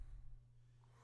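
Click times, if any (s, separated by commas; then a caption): none. An iPhone 6S display assembly is handled as it is brought down to close back onto its aluminium frame from the top edge, with soft handling rustle over a steady low hum that fades after about 0.4 seconds. Nothing has seated or clicked yet.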